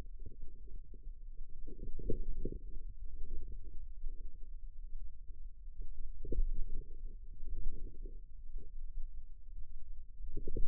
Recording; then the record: forearm muscle sounds (acoustic myography)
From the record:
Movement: inward rotation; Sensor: system 2, bracelet of six BSWA MPA416 microphones around the upper forearm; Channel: 6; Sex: female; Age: 22 years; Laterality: right